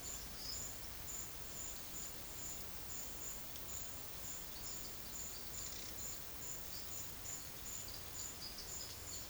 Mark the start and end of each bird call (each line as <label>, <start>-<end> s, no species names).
bird call, 4.48-6.16 s
bird call, 6.64-9.29 s